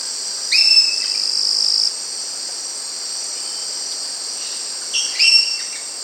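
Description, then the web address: Black-capped parakeet giving two short bursts of harsh, buzzy calls, the first over a second long, the second briefer, over a steady high-pitched insect chorus. South America. "Natures Songs S America Black-capped Parakeet"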